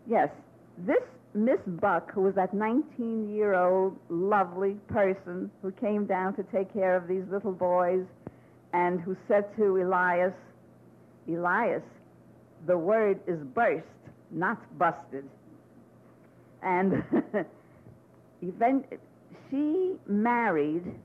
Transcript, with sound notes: Yes, this Miss Buck, who was that nineteen year old lovely person who came down to take care of these little boys and who said to Elias, "Elias, the word is `burst', not `busted,'" (she laughs) and she married,